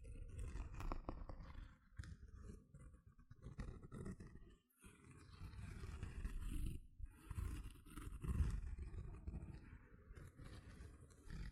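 Gentle scratching with a rough, low, grainy rubbing character, running almost continuously in uneven strokes. Brief dips break it near two and seven seconds, with a short near-silent gap just before five seconds, and a faint hiss sits above the rumble.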